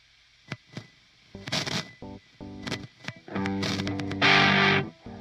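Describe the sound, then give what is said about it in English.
An electronic keyboard plays short stabs and chords in G minor with a distorted, effects-heavy tone, interrupted by sharp clicks, building into a sustained buzzy chord with a noisy, bright burst before stopping. “But I'm gonna catch a little keyboard too.”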